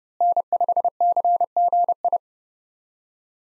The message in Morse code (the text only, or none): N5CGI